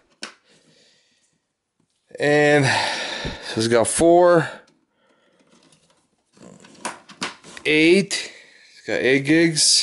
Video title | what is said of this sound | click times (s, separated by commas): HP Compaq Pro 6300 Sff Upgrade Video Card RAM Hard Drive | and you're going to hear two clicks when the memory is installed properly | 0.2 s